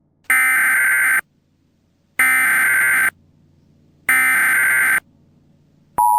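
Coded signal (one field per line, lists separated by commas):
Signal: Emergency Alert System (SAME) tones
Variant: header bursts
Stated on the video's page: Recreation of another creator's fictional scenario; not a real alert.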